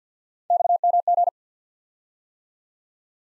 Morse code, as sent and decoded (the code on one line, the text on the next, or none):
-..- -- --.
XMG